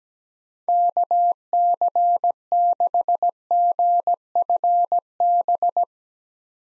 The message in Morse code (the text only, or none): KC6GFB